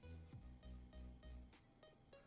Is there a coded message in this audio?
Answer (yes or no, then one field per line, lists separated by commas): no